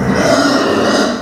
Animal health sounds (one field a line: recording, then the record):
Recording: squeal of a Yucatan mini pig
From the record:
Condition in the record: after surgery on the right vocal fold (resection and tissue-engineered implant)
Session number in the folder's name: 9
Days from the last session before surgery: 65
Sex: female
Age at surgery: 19 weeks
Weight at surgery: 25 kg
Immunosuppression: prednisolone